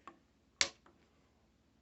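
A plastic tab on a Transformers WFC Kingdom Voyager Class Dinobot action figure is pushed into the back of its head piece. A faint click at 0.1 s comes before a loud, sharp snap at 0.6 s, followed by a soft tick at 0.9 s. The tab seats in the head with the snap at 0.6 s.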